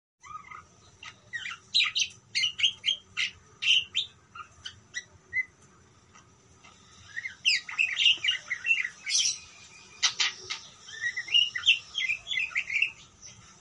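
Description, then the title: Parakeet with scattered high chirps and clicks, a quieter stretch, then a dense burst of lively twittering chatter. "Parkit"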